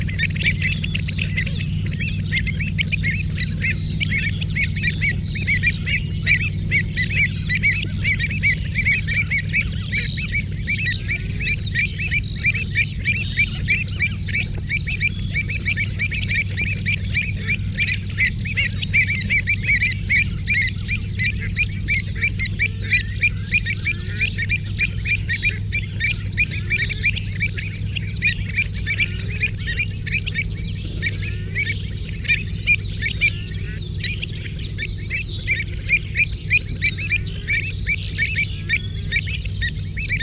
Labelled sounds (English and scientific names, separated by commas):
Pied Avocet (Recurvirostra avosetta) call